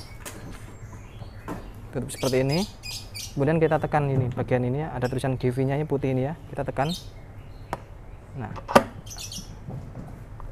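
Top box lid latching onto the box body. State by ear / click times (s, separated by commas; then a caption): seated / 7.7 s. A plastic Givi E43 NTL top box, mounted on a bracket on a Honda Genio 110, has its lid closed and pressed down on the marked part. A sharp click at 7.7 seconds is heard as the lid snaps shut and locks onto the box body. Someone talks before and after the click.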